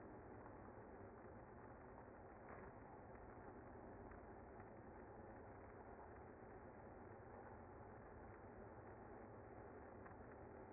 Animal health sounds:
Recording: honeybee colony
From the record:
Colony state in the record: active

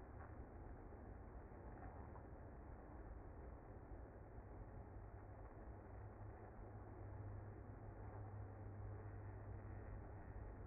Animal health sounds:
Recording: honeybee colony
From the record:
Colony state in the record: active

